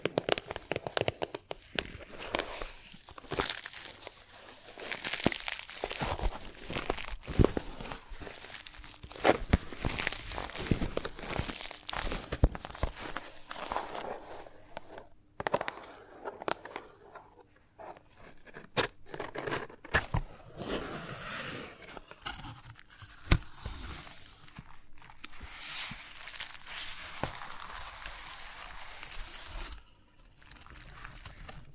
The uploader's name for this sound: Chalk Sounds Tapping, Scratching, Carving